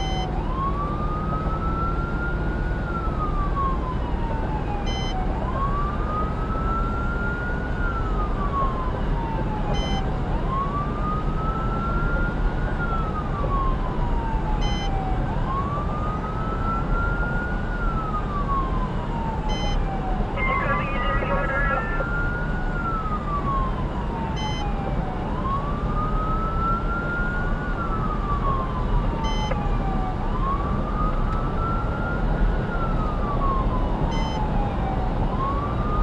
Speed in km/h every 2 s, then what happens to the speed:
105, 106, 109, 111, 113, 114, 116, 116, 116, 116, 114, 116, 116, 118, 118, 118, 119, 119.
0-12 speeds up to 116. 12-36 steady at about 116.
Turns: none.